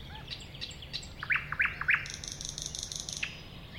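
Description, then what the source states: Thrush nightingale song with loud whistled notes in quick succession, then a fast buzzy rattle and a final sharp note. At a woodland edge next to a lake.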